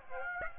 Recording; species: mosquito wingbeat signal from an infrared sensor; Aedes aegypti